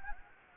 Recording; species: mosquito wingbeat signal from an infrared sensor; Anopheles gambiae